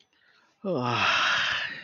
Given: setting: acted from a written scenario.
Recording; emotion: vocal sound without words; ecstasy